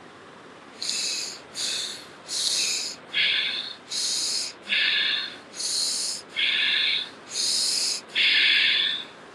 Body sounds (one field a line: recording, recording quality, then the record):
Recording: shallow breathing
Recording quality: excellent, no background noise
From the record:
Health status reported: healthy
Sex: female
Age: 28 years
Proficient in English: yes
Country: India